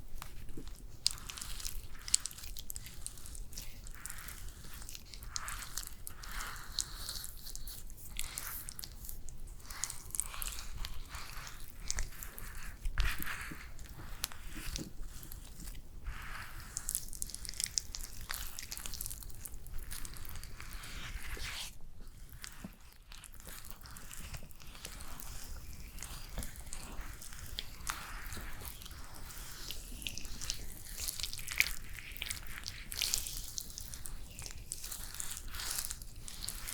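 Layered spa facial sounds: dense, steady crackly rustling and soft wet clicks throughout, with a low hum underneath and brief dips around 22 seconds.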